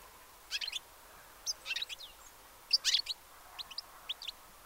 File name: Carduelis carduelis